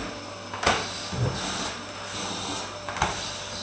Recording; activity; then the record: daily activity, microphone in the room; vacuum cleaning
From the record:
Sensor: 2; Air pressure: 995.1 hPa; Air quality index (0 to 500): 50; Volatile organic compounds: 1 ppm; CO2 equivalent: 782 ppm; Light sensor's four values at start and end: 16/51/20/19 and 16/52/20/20